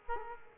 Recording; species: mosquito wingbeat signal from an infrared sensor; Culex quinquefasciatus